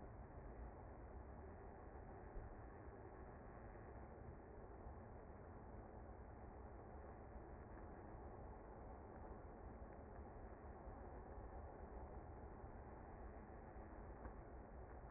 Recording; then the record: honeybee colony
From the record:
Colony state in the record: active